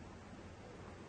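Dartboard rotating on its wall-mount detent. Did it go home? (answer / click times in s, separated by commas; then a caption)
no / none. A One80 Gladiator 3 dartboard is handled as it is turned on its wall-mount rotation detent. Only a steady, even broadband hiss is heard, with no distinct click or impact. Nothing has snapped into its indexed position yet.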